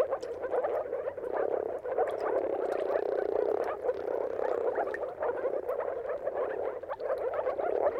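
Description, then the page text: Many moor frogs produce a continuous bubbling mating chorus of low, hollow pulses with no pause. Moor frog mating calls in a dawn chorus at sunrise, at the turn of March and April depending on the weather; many frogs calling together; recorded by Jakub Orzecki. "earth-fm Jakub-Orzecki moor frogs. Dawn’s Chorus: Mating Calls of Marsh Frogs at Sunrise. Depending on the weather at the turn of March and April, you can witness an amazing spectacle of moor frogs"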